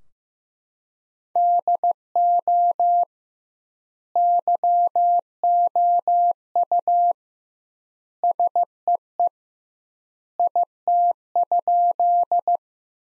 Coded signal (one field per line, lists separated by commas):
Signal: Morse code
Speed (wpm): 16 wpm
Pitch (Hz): 700 Hz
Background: none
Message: DO YOU SEE IT?